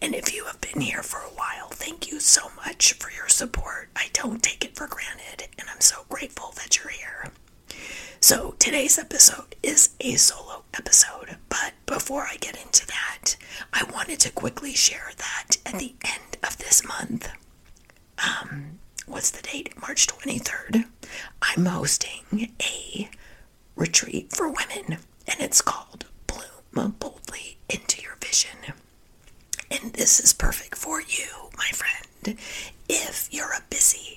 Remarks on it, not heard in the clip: I have a condition called spasmodic dysphonia that I'm currently dealing with and working through, so that's why I sound like I have laryngitis.